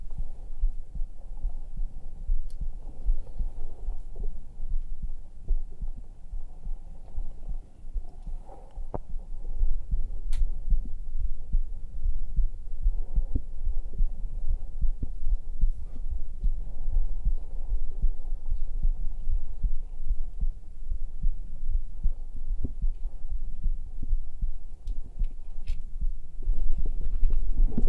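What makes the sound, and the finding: Heart. Normal heart sounds.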